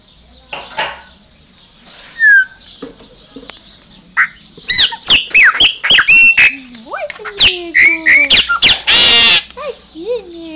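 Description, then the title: Chopi Blackbird song: scattered soft notes at first, then a rapid, varied run of clicks, sliding whistles, squeaks and one loud harsh burst. "Passaro Preto"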